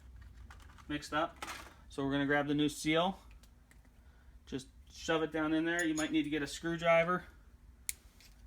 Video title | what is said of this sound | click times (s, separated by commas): MMRA How to Rebuild a Tanner Gen 2 Shock | order to pop it into place you'll hear it click into place so | 7.9 s